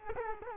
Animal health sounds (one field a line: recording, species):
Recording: mosquito wingbeat signal from an infrared sensor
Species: Culex quinquefasciatus